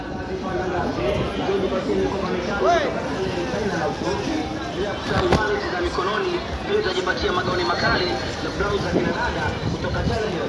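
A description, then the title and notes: A busy street scene while walking in Dar es Salaam, with voices talking almost constantly over a dense, steady crowd murmur. Traffic rumbles low underneath, and a brief sharp knock or clatter stands out near the middle. Walking Dar es Salaam. In this episode, I walk around Dar es Salaam.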